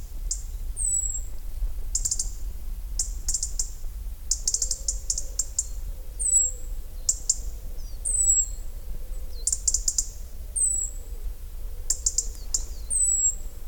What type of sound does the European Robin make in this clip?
call